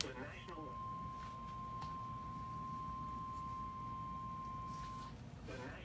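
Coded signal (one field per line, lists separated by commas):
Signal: Emergency Alert System (SAME) tones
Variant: 1050 Hz attention tone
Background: speech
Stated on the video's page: A night of multiple alerts.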